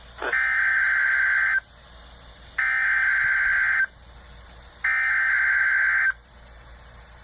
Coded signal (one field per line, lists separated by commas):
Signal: Emergency Alert System (SAME) tones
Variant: header bursts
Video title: All Wisconsin NWS Offices Required Weekly Tests RWT Emergency Alert System EAS NOAA Weather Radio